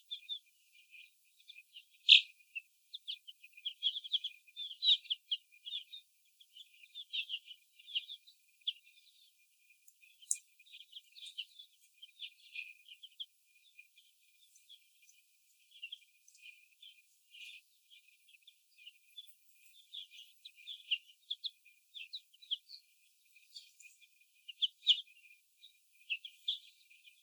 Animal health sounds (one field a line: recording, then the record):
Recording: young laying hens in a cage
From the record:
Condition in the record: after the stressor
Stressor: sudden umbrella opening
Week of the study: 2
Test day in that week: 1